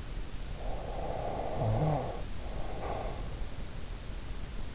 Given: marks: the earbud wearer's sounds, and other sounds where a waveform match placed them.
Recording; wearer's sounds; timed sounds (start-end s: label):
sounds in sleep by an in-ear microphone; snoring breath
0.62-3.20 s: snoring breath